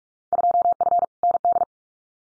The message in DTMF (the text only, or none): none